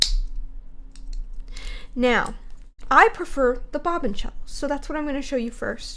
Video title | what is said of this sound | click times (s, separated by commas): Shuttle Tatting- Loading a Shuttle and How to DIY One | So, this will click right in here. | 0.0 s